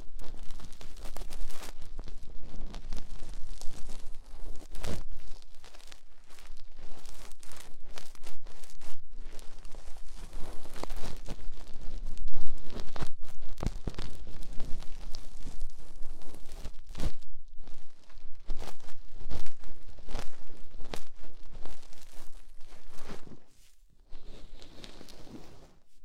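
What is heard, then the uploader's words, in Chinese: Lace-gloved hands rub and massage the ears in dense, scratchy rustling and crinkling strokes, fairly steady, with a quieter, thinner stretch near the end. 带着蕾丝手套，按摩你的小耳朵。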